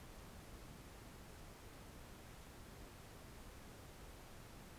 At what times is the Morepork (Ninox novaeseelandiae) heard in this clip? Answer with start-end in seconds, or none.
none